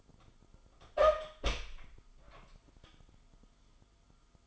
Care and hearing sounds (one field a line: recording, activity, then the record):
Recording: daily activity, microphone in the room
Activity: open door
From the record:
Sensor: 5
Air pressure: 1005.0 hPa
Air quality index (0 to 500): 99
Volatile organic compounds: 2 ppm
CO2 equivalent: 1206 ppm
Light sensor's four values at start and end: 34/79/32/30 and 34/79/32/30